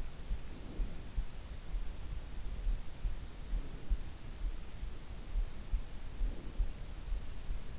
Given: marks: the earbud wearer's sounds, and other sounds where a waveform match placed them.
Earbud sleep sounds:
sounds in sleep by an in-ear microphone; breath
0.38-1.19 s: breath
3.48-4.15 s: breath
6.11-6.73 s: breath

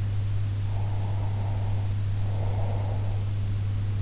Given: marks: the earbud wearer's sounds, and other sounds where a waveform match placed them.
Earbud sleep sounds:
sounds in sleep by an in-ear microphone; breath
0.69-3.37 s: breath

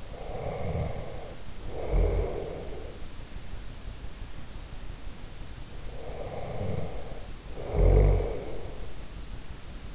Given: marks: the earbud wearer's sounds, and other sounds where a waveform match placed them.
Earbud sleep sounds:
sounds in sleep by an in-ear microphone; snoring breath
0.00-3.28 s: snoring breath
5.99-8.88 s: snoring breath

